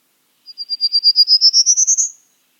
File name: prairie warbler